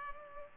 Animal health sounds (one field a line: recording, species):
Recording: mosquito wingbeat signal from an infrared sensor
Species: Culex pipiens